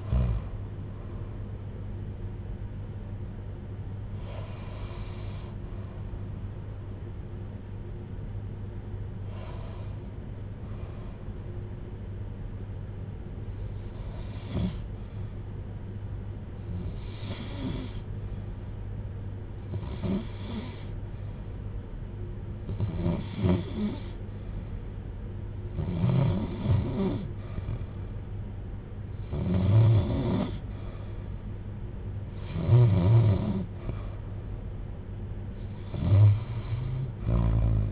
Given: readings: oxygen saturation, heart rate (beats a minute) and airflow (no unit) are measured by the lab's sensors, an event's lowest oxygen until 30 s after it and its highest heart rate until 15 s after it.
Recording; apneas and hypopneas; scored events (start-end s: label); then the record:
breathing in sleep by a smartphone at the bedside; 1
11.00-32.40 s: hypopnea (REM, oxygen 93% highest, then 88% lowest, heart rate 84 at the start, 84 highest)
From the record:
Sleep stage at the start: REM sleep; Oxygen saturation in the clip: 76 to 93%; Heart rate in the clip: 61 to 85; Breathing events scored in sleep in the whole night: 310 in 8.1 hours asleep